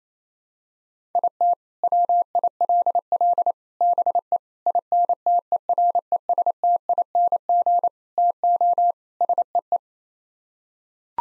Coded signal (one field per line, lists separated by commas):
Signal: Morse code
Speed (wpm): 27 wpm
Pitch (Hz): 700 Hz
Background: none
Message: IT WILL BE INTERESTING TO SEE